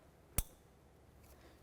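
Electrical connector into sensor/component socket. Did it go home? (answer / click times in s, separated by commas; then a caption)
yes / 0.4 s. A plastic electrical connector on a 2005-2010 Chevrolet Cobalt, being reinstalled during an exhaust manifold gasket replacement, is pressed onto its mating sensor/component socket. One sharp, isolated click sounds at 0.4 s against quiet background, and the connector is seated, followed by a tug test and reinstalling the gray plastic lock.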